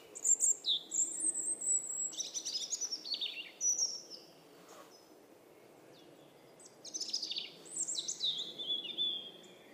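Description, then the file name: European robin song: two long bursts of varied high, tinkling and slurred notes, separated by a few seconds of quiet with faint hiss. "Erithacus rubecula"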